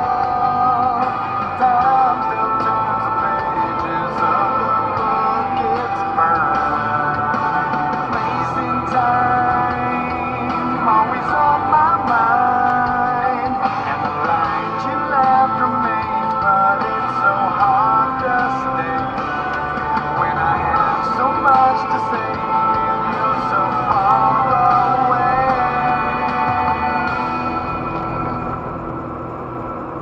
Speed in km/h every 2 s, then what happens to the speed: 33, 42, 49, 52, 53, 55, 51, 39, 34, 40, 50, 50, 56, 54, 54.
0-9 speeds up to 55. 9-16 slows to 34. 16-30 speeds up to 54.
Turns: none.